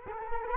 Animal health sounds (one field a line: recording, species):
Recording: mosquito wingbeat signal from an infrared sensor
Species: Culex quinquefasciatus